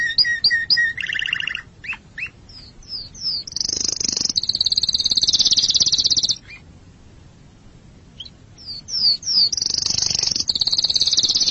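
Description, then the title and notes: Canary song alternating bursts of quick chirps and whistles with long, high, buzzy rolling trills, separated by a brief silent pause midway. "Suara Burung Kenari"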